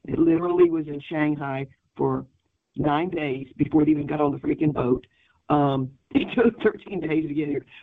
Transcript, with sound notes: It literally was in Shanghai for nine days before it even got on the freaking boat. Um, (laughs) it took 13 days to get here.